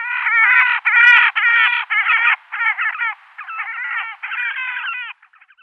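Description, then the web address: Horned grebe display calling: fast chattering, squealing trills in a string of bursts, briefly pausing, then fading into a few faint notes at the end. Slavonian grebe giving display calls. "Schulze Peter Slavonian Grebe display"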